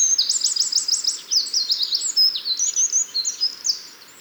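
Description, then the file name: Eurasian wren song: fast high trills and chattering notes pouring out in a rapid, energetic burst. "Troglodytes troglodytes"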